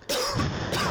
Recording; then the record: coughing mixed with background sound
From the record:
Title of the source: Coughing 60